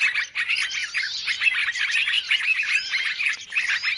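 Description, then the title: Birds chirping in a noisy mass, quick bright tweets and short whistles tumbling together without gaps. Chorus of noisy birds used as a lure sound to attract birds; many birds said to approach as soon as it is played. "Baru Diputar Dah Banyak Merapat! Suara Pikat Burung Ribut"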